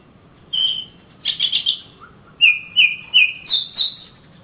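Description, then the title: Oriental magpie-robin song: a clear whistled note, a quick warbled cluster, then a string of descending slurred whistles ending on a high sustained note. Singing birds of the Kalimantan and Sumatra types, described as champion (juara), master birds in active, energetic song (gacor). "Kicau Kacer Juara Master Kalimantan Sumatra Gacor"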